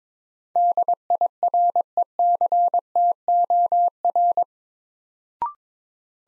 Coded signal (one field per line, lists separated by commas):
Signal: Morse code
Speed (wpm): 22 wpm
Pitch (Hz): 700 Hz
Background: none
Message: DIRECTOR